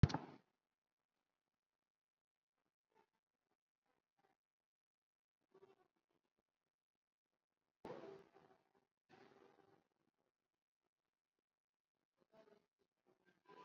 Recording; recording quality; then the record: deep breathing; excellent, no background noise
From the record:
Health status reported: COVID-19 positive, moderate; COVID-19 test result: positive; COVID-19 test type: RT-PCR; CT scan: not taken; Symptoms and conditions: cough, cold, another condition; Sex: female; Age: 32 years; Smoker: no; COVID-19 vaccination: none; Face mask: worn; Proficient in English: yes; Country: India